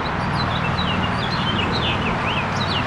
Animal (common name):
House Finch